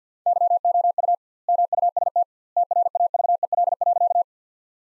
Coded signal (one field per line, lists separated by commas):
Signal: Morse code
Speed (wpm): 49 wpm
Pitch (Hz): 700 Hz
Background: none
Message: YOU MUST TRAVEL.